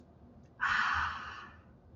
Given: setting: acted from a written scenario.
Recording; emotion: vocal sound without words; contentment